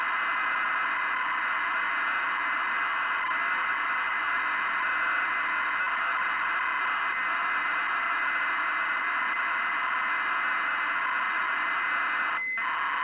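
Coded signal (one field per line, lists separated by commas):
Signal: ZX Spectrum tape loading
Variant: 48k ZX Spectrum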